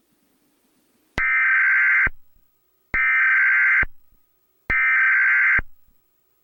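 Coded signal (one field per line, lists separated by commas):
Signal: Emergency Alert System (SAME) tones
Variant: header bursts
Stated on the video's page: Comcast cable emergency alert.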